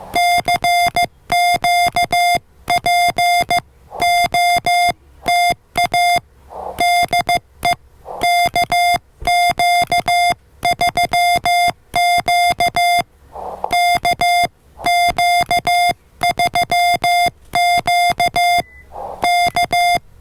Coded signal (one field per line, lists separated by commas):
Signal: Morse code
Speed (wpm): 15 wpm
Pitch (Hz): 700 Hz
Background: music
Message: CQ POTA DE KQ3Q KQ3Q K